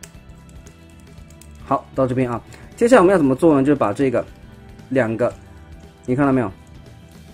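On the other side of a 52Toys Megabox MB-10 Xenomorph Queen transforming toy figure, the matching plastic foot part is pressed into the figure body, and its leg peg clips into place with a sharp click at 0.0 s. The part is seated, and someone then talks over background music.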